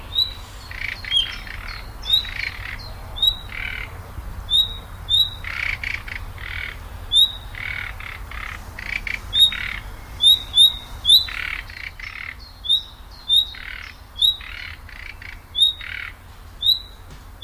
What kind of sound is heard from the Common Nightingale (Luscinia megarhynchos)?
alarm call